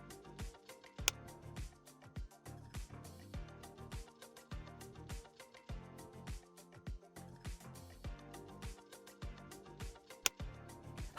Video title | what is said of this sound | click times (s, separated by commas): MacBook Air M2 Display replacement | listen for the click from the torque driver | 1.1 s, 10.3 s